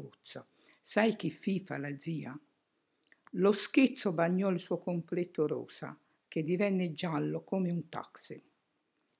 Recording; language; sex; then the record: read passage; Italian; female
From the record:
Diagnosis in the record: healthy control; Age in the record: 68 years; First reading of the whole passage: 56 s, 9.3 characters per second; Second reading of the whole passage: 53 s, 9.8 characters per second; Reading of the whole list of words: 52 s, 5.4 characters per second